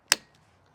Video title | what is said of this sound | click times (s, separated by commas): Wiper Blade Replacement How-To Mazda CX-5 - 2017-2025 | Just give a little push. You're going to hear it snap. | 0.1 s